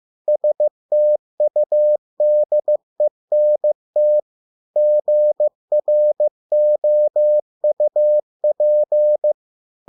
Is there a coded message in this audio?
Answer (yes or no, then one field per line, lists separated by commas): yes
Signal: Morse code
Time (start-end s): 0.3-9.3 s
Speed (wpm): 15 wpm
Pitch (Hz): 600 Hz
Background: none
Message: STUDENT GROUP